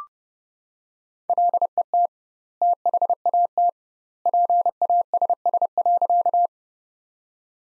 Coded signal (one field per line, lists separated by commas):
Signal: Morse code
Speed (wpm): 30 wpm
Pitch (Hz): 700 Hz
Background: none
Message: LET THAT PASS.